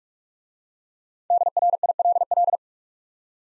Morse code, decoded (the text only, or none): DRILL